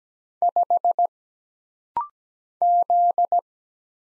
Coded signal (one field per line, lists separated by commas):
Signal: Morse code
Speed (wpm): 17 wpm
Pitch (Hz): 700 Hz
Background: none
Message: 5 Z